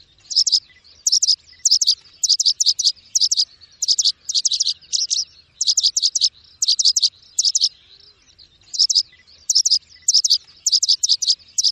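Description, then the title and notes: Bird singing rapid high chirps in tight groups, repeated over and over with short silences between them. Bird song, described as a melodious voice. "Burung Dengan Suara Merdu"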